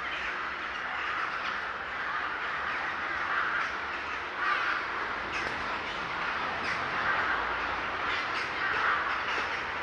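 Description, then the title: Flock of birds calling together, a continuous din of raspy overlapping calls with occasional sharper clicks and squawks. Gathering of birds in S. Staszic Park, Łódź. "Ptaki W Parku Im. S. Staszica W Łodzi"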